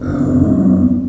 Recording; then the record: squeal of a Yucatan mini pig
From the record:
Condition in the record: after surgery on the right vocal fold (resection and tissue-engineered implant); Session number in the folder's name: 5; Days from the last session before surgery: 33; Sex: female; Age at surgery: 19 weeks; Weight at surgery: 25 kg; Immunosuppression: prednisolone